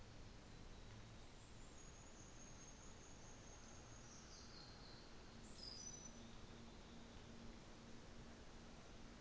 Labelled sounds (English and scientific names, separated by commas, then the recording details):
New Zealand Fantail (Rhipidura fuliginosa)
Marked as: faintness 4/5
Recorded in New Zealand on 24 December 2018
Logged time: 13:40